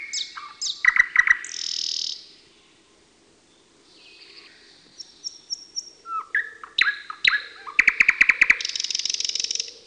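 Thrush nightingale song: a rich, varied run of sharp clicks, rapid dry rattles, pure whistled notes and a loud churring trill near the end, with a brief pause midway.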